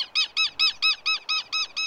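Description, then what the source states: Southern Lapwing alarm calling, a fast run of shrill, piercing notes, about eight in under two seconds at an even rhythm. Piercing alarm call given by a parent, usually the male, when an unfamiliar creature approaches the ground nest with eggs.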